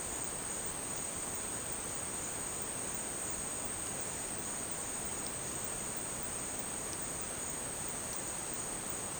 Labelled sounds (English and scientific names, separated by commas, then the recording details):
none
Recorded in dense forest near Puerto Asís, Putumayo, Colombia, on 29 June 2025 at 11:30
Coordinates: 0.484, -76.317
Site G045